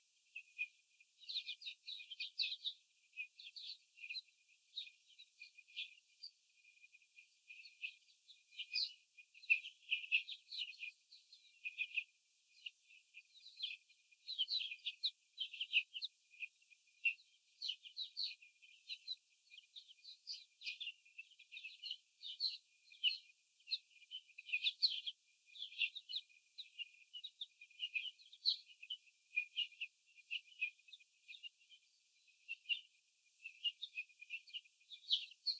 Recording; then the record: young laying hens in a cage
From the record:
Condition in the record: after the stressor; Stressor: sudden umbrella opening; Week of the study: 3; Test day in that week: 2